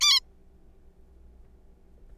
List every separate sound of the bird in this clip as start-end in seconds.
0.01-0.20